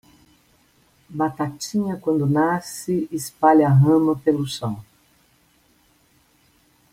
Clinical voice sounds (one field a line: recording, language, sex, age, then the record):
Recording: short text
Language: Brazilian Portuguese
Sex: female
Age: 60 to 69 years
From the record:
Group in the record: control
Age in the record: 62 years